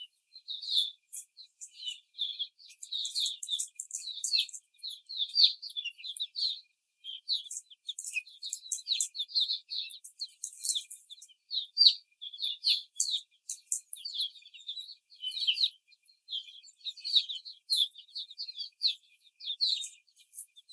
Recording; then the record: young laying hens in a cage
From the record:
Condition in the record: before the stressor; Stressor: simulated dog barking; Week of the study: 4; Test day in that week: 3